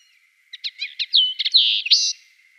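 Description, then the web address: Eurasian linnet song, a quick phrase of clipped chirps running into longer buzzy and nasal notes, ending on a rising twang. "Schulze Peter Eurasian Linnet song"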